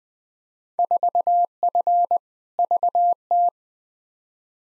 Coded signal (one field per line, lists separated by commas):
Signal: Morse code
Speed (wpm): 21 wpm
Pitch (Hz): 700 Hz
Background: none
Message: 4F VT